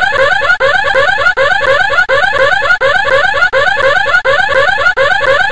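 alarm bell ringing

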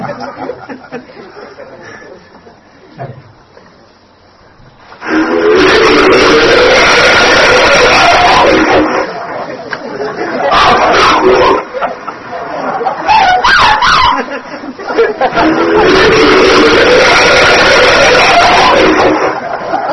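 alleged Bigfoot vocalizations

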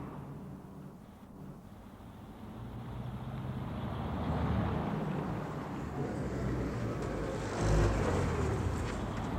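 car arriving

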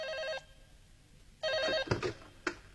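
telephone ringing

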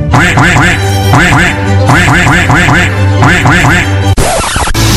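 duck quacking

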